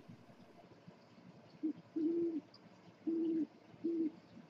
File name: tieng cu meo keu kinh di trong dem